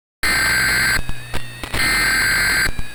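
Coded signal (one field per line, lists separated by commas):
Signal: Emergency Alert System (SAME) tones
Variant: header bursts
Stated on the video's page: Simulated World War III alert scenario, remastered.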